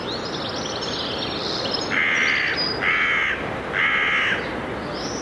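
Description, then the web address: Bird giving three harsh, nasal caws at steady intervals over a constant hiss of background noise. "cianscape. Deverinetal 2025. Bird Only"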